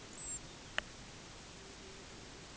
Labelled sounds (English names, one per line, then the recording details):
unidentified sound
Pectoral Sandpiper
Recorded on Arctic tundra, site UTQI-5, on 14 June 2019
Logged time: 14:00